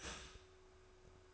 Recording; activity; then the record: daily activity, microphone in the room; start toaster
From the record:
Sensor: 2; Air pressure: 1004.1 hPa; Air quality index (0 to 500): 192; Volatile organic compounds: 11 ppm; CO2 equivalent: 2304 ppm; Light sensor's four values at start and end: 4/10/4/4 and 4/10/4/4